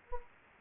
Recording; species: mosquito wingbeat signal from an infrared sensor; Anopheles gambiae